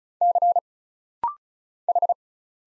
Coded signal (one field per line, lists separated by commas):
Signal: Morse code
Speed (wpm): 35 wpm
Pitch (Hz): 700 Hz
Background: none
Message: C H